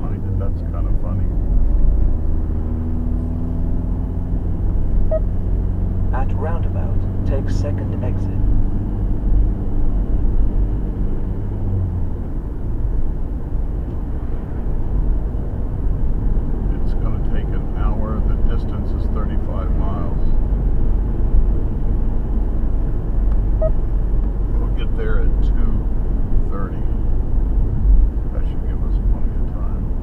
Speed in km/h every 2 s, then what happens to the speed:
55, 58, 68, 71, 74, 74, 72, 74, 79, 82, 82, 81, 79, 74, 71.
0-8 speeds up to 74. 8-15 steady at about 74. 15-18 speeds up to 82. 22-30 slows to 71.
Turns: none.